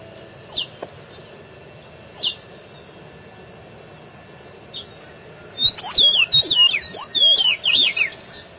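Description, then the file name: Pedro-ceroulo song: a few faint, thin single notes, then a longer burst of lively, twisting whistled notes near the end, over a steady high tone. "Canto do pedro ceroulo"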